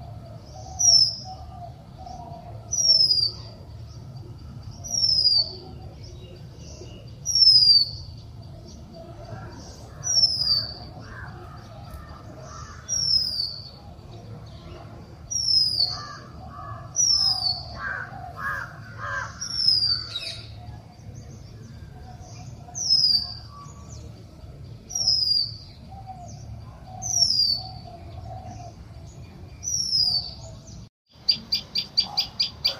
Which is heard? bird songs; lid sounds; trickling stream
bird songs